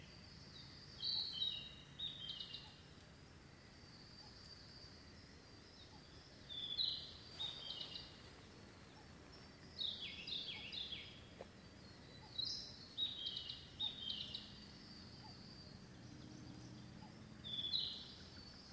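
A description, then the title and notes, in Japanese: A dawn chorus in a wild bird forest: bright, high songs arrive in short bursts every few seconds, around 1, 3, 7, 10, 12.5 and 17.5 seconds. Between phrases a steady low rumble of background noise fills the quiet. Dawn Chorus。夜明けのコーラス。午前4時頃 軽井沢野鳥の森にて録音。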